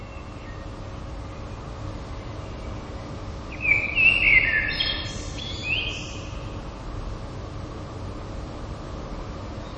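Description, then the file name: Common blackbird giving a single fluted warble followed by a high twittering squeak in the middle, with long stretches of quiet hiss before and after. "merles"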